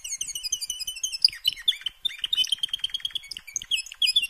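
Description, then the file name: Canary song, a rapid run of high, bright chirps and whistled notes, then a fast rolling trill of repeated identical syllables, ending in sharp sweeping notes. "Canary Voice"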